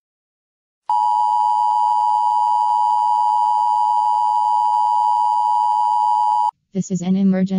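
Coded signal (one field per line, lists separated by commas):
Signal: Emergency Alert System (SAME) tones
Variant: 853 and 960 Hz attention tone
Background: speech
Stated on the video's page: Fictional black hole EAS alert.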